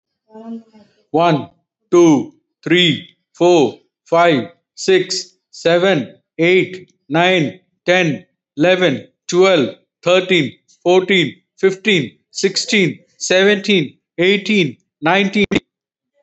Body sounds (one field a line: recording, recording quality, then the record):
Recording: counting at a normal pace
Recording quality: poor, much background noise or distortion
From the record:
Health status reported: healthy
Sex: male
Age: 56 years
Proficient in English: yes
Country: India